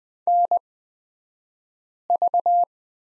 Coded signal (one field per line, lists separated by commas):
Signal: Morse code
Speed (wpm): 20 wpm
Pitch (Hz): 700 Hz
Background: none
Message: NV